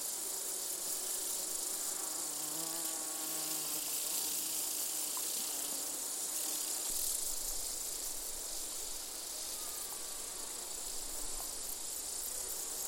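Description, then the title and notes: Insect chorus (bees, grasshoppers and crickets): high continuous chirring with bees buzzing in wavering hums and one low drone early on. Bees, grasshoppers and crickets in a gentle summer chorus, recorded in an open meadow near the Col de Châtillon at 1680 metres altitude. "featuring bees, grasshoppers and crickets, was recorded in an open meadow near the Col de Châtillon"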